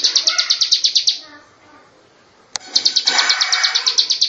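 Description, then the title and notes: Bird chirps in a quick high series, then a pause of over a second and a click, then the rapid chirping resumes. "Bird Sound. Kicau Burung Lengkap"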